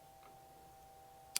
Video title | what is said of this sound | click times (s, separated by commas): THIS BUILD TOOK ME FOUR YEARS TO FINISH: The Colt 607 | and then you can lock it back | 1.4 s